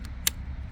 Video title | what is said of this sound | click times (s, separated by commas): Fanttik X9 Cross Portable Battery Powered Pump Review And Test | make sure it's locked, | 0.3 s